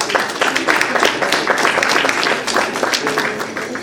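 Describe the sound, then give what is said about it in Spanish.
Steady audience applause welcoming the facilitator of panel number 6, on the origins of popular and educational mining radio, on the third day of an educational radio event. A dense wash of many hands claps at a fairly even, loud level throughout, with a faint murmur of voices underneath. “a quien vamos a recibirla, por favor, con un caluroso aplauso en este panel número 6.”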